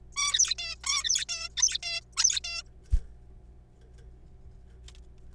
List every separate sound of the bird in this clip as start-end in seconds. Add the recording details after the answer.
0.16-0.55, 0.58-0.76, 0.84-1.25, 1.29-1.49, 1.57-1.78, 1.83-2.01, 2.17-2.40, 2.44-2.63. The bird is a juvenile. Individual R3428